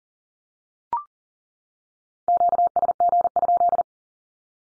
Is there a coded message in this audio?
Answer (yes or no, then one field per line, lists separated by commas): yes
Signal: Morse code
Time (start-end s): 2.3-3.8 s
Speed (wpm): 40 wpm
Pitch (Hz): 700 Hz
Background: none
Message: QSG?